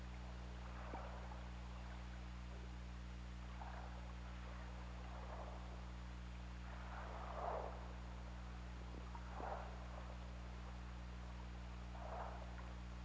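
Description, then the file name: Killer whale calls come as soft, smeared bursts spaced irregularly every few seconds beneath a persistent low droning hum and background hiss. Recorded on the OrcaLab hydrophone, 16 February 2018, at about 16:07. "Orca Lab 20180216 160742"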